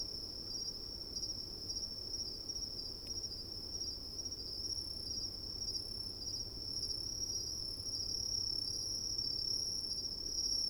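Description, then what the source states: Crickets trilling steadily and shrilly throughout, with a thin higher band above and gentle wind noise, growing slightly louder toward the end. Crickets in coniferous forest at night, with soft wind.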